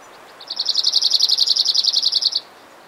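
Cirl bunting song: a flat, dry rattle of many rapid identical high notes on one pitch, over a soft background hiss.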